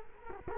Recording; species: mosquito wingbeat signal from an infrared sensor; Culex quinquefasciatus